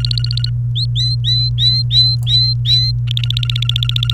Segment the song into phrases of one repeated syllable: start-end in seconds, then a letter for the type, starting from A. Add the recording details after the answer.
0.00-0.49 A, 0.76-2.91 B, 3.07-4.13 A. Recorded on 28 April 2018 at 16:26. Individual llb3